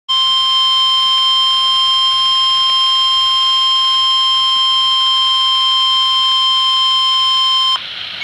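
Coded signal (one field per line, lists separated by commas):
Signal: Emergency Alert System (SAME) tones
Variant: 1050 Hz attention tone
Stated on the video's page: Severe Thunderstorm Warning SAME tones from NOAA Weather Radio station WXM-33 Johnstown, PA, issued by NWS Pittsburgh.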